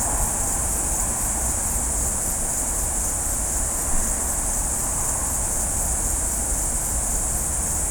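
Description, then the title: Cicadas singing as a continuous piercing hiss without pauses, one soft thump near the middle, low background rumble. At night in Azzone, Italy; over 8 hours of recording compressed into 11 minutes. "Azzone di Notte (Cicale)"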